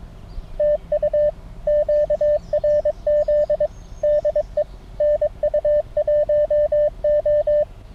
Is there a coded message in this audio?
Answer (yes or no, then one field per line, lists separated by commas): yes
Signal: Morse code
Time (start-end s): 0.6-7.6 s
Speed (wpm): 21 wpm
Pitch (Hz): 600 Hz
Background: radio noise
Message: TU QRZ DE NU1O